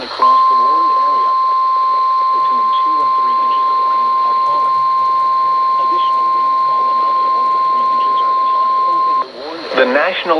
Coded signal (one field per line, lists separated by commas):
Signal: Emergency Alert System (SAME) tones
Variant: 1050 Hz attention tone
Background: speech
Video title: Flash Flood Warning (EAS 241-245)